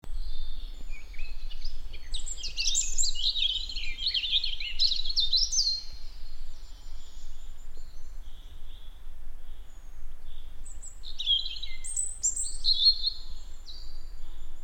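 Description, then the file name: European robin singing high, tumbling warbled phrases for several seconds, a pause with faint notes, then another thin, glittering phrase; low rumbling background noise throughout. "Erithacus rubecula"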